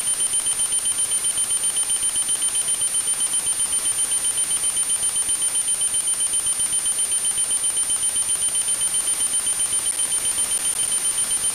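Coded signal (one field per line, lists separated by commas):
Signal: weather satellite image (APT)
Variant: NOAA 15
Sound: steady high tone with a fast regular ticking pulse over constant hiss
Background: radio static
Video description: I used a Russian WebSDR station to capture the signal and then the NOAA APT decoder software.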